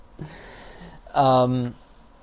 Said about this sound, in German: oh Mensch, ich könnte ja am laufenden Band gähnen.